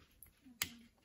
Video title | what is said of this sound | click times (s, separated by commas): MAJOR Upgrade to our Off Grid Solar Power System | you want to push it in until you hear it click clicked | 0.6 s